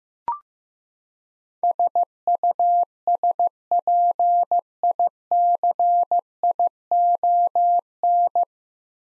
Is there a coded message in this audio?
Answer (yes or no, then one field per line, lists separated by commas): yes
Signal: Morse code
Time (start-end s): 1.6-8.4 s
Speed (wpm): 15 wpm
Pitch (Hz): 700 Hz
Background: none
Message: SUSPICION